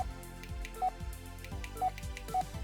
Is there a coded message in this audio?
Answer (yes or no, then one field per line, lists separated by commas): no